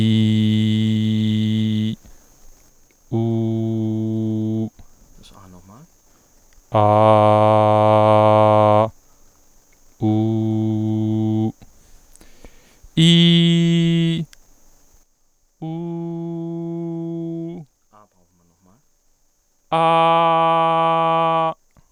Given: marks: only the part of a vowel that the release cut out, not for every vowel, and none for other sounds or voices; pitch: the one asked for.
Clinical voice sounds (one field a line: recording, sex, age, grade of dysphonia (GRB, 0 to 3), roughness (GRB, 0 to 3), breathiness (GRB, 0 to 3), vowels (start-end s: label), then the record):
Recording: sustained vowels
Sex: male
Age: 40 to 49 years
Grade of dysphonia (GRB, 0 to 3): 0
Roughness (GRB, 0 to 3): 0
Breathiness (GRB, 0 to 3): 0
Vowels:
0.00-1.73 s: vowel /i/, normal pitch
3.22-4.53 s: vowel /u/, normal pitch
6.86-8.74 s: vowel /a/, normal pitch
13.14-14.09 s: vowel /i/, high pitch
15.81-17.39 s: vowel /u/, high pitch
19.87-21.36 s: vowel /a/, high pitch
From the record:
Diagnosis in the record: healthy voice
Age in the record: 44 years